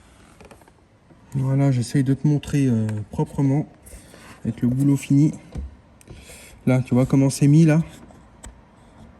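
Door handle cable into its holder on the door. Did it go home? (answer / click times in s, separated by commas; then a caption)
yes / 8.4 s. The inner door handle cable on a Volkswagen Golf 4, Bora or Passat door is pressed into its holder on the door after a window regulator mechanism replacement. Someone talks, and a few faint clicks and handling sounds are heard. A sharp click at 8.4 s marks the cable seating in its holder.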